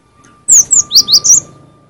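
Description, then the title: Cinereous tit: a single fast phrase of five sharp, very high, slurred whistled notes lasting about one second, with a faint steady hum. "G3latik b4t0 suara burung gelatik winko"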